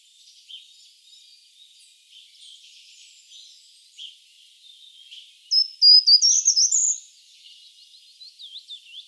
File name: gartenbaumlaeufer gesang nabu lars lachmann